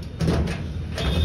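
With the key taken out, the lock bolt on a Triveni steel almirah (cupboard) door is worked by hand. Two metallic clunks are heard at 0.2 s and 1.0 s, and the lock latches shut.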